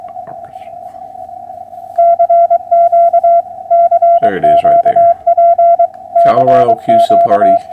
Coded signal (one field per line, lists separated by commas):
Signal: Morse code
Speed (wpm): 23 wpm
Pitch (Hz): 680 Hz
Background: speech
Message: CQ CQP CQ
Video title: 08312024 POTA Hunting